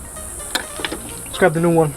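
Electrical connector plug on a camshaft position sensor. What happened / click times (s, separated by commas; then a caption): The connector's plastic slide clip clicked and the plug released / 0.6 s, 0.8 s. Someone pushes in the plastic slide clip on the electrical connector plug of a 350Z's camshaft position sensor, giving two sharp short clicks at 0.6 s and 0.9 s over music playing underneath. The connector releases and slides off, then someone talks.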